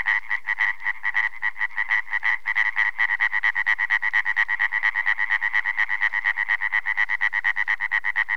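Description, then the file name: European tree frog calling in a fast, steady series of harsh, raspy croaks throughout. "løvfrø"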